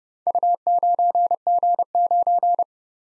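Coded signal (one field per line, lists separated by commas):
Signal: Morse code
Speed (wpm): 30 wpm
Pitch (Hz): 700 Hz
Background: none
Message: U9G9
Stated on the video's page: Head-copy drill of random four-character letter-number groups at 30 wpm; each group sent in Morse, then spoken, then sent again in Morse.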